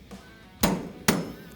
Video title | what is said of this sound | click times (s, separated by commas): How to Install a RISII FSP Rail System | going to pull down slowly till we get an audible click | 1.1 s